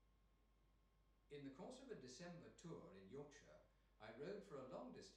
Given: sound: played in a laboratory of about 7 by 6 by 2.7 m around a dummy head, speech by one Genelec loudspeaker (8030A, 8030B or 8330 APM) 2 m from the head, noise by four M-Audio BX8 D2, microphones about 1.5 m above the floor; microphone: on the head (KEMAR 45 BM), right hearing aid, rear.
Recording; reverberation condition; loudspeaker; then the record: male speech in English; medium; 150 degrees to the left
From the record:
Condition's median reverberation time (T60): about 510 ms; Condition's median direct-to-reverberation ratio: about -0.5 dB